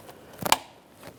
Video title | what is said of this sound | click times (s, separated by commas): How to Replace Camshaft Position Sensors 2012-2018 Nissan Maxima 3.5L V6 | After that, you can lock it down along the front. | 0.5 s